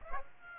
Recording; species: mosquito wingbeat signal from an infrared sensor; Aedes aegypti